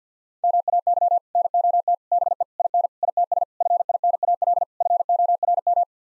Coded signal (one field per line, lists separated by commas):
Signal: Morse code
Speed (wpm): 50 wpm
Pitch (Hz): 700 Hz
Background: none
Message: MAY NOT BE IN ITS FINAL FORM